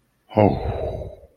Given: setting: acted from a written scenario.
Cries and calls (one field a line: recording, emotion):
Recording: vocal sound without words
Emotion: relief